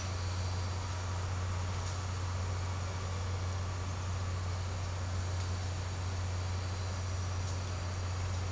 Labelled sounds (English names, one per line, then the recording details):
none
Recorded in secondary vegetation near Puerto Asís, Putumayo, Colombia, on 24 March 2025 at 14:00
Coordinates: 0.468, -76.324
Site G059